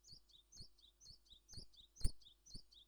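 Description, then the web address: Japanese tit song: quick high two-note phrases repeated about twice a second, each a sharp upslurred note then a lower one, with soft low thumps underneath. "Parus minor song"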